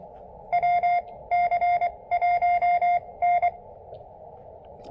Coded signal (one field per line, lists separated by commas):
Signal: Morse code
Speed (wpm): 24 wpm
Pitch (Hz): 700 Hz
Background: none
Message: WC1N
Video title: POTA with one-tenth of a watt? Can it be done? Let's make an attempt!